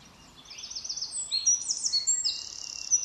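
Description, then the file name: Eurasian wren song fragment: high, rapid twittering notes building into shrill, fast trills and sharp whistled notes. "Troglodytes troglodytes"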